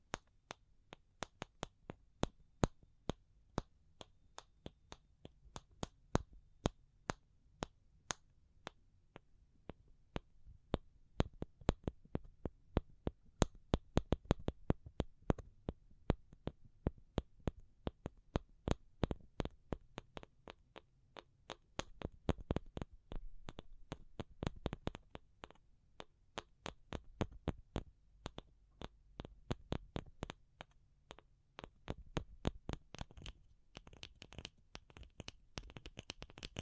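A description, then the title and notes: Tapping, with sharp clicks that begin spaced and irregular, then bunch into quick rattling flurries around 14 seconds and again from about 22 seconds onward. The pace keeps shifting between slow single taps and fast dense runs, over a low, quiet hum. ASMR Pure Tapping Fast and Slow (No Talking).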